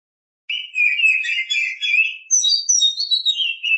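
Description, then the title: Oriental magpie-robin song, a dense burst of chattering, trilled notes followed by higher sweet whistles that fall back down, delivered without pause. Champion-class bird. "Kicau Burung Kacer Juara"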